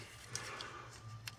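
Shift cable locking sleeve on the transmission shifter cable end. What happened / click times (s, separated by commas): The plastic cable locking sleeve snapped into place / 0.3 s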